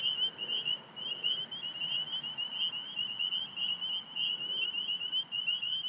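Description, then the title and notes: Spring peeper: high, clear peeps from many spring peepers forming a continuous chorus. Calling in recently mowed cattail and grass habitat, Belle View, Alexandria, Virginia, USA, 27 March 2017, 8:06 pm, traffic in background, recorded with phone. "Spring Peepers calling despite their habitat having been recently mowed down (cattails, grasses). Traffic noises in background from Fort Hunt Rd. Alexandria, VA. Recorded 032717 at 8:06pm"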